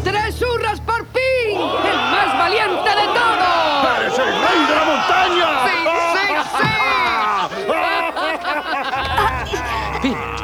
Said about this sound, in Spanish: Cuando la furia de la luz pasó y vieron su efecto devastador, los compañeros de Mulan prorrumpieron en un grito de alegría.